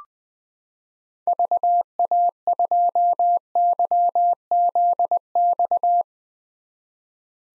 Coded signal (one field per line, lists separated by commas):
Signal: Morse code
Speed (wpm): 20 wpm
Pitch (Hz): 700 Hz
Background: none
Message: VA2YZX